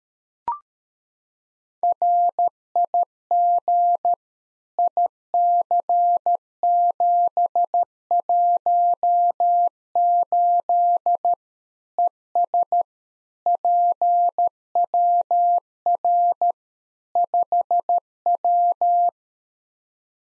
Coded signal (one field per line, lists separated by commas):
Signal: Morse code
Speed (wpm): 13 wpm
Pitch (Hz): 700 Hz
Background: none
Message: RIG IC718 ES PWR 5W